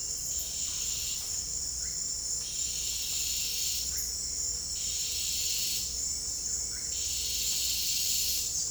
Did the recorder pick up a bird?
no